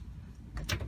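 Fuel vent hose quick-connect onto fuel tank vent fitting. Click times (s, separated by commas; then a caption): 0.7 s. On a 2010 Ford F-150, a fuel vent hose that has been re-cut to leave a short neck has its quick-connect pushed onto the fuel tank vent fitting. Over a low, steady rumble, a faint tap at 0.6 s is followed by a sharp, bright snap at 0.7 s. The quick-connect snaps in and is seated on the fitting.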